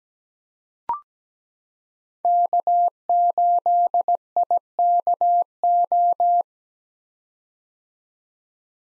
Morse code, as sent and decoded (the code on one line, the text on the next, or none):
-.- ---.. .. -.- ---
K8IKO